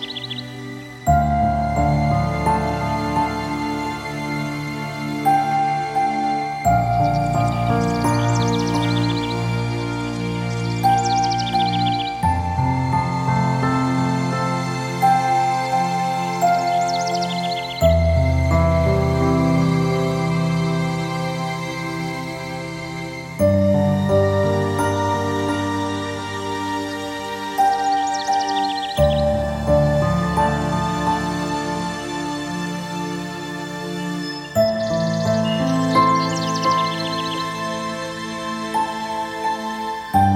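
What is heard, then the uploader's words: Relaxation music and birdsong: a slow, steady run of sustained chords that change about every five or six seconds, with a soft melody line drifting above. Short high chirps flicker faintly over the top, and the level stays even throughout. Relaxation music and birdsong.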